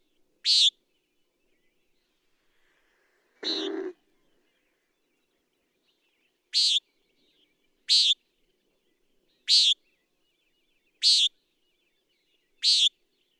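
Common nighthawk producing repeated buzzy, nasal peent calls, with one longer, lower raspy note early on, then five quick peents at regular intervals.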